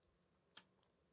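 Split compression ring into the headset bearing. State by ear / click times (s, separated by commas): seated / 0.6 s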